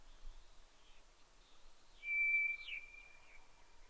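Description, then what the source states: White's thrush singing a long, thin, steady whistle lasting over a second, with fainter wavering notes before it. At night, 22:35, 11 June 2011.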